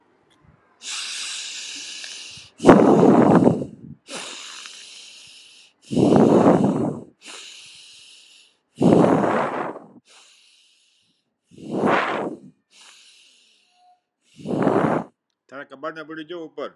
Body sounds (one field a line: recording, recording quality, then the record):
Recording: deep breathing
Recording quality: excellent, no background noise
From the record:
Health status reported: healthy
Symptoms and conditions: hypertension, diabetes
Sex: male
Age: 65 years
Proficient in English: yes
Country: India